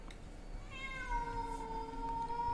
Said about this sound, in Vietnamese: nghe tiếng của con mèo kêu thì giật mình ngồi dậy.